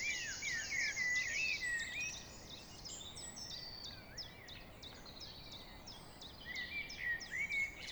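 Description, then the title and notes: Common blackbird singing short fluty, slurred phrases at the start and again near the end, set against a dense chorus of rapid, high, chattering songs from other birds. Several blackbirds singing among other birds in the early evening, in a valley clearing at Trégastel, France, April 2019; recorded with an ORTF stereo microphone pair. "Vallée des Traouiero, Trégastel, France - Blackbirds, Evenings birds in the valley [Valley Traouïero]. yponomeutaneko"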